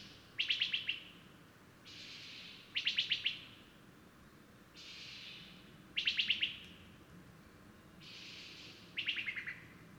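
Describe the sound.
Bird song: repeated bursts of rapid high chirps about every three seconds, alternating with softer hissy, rushing phrases.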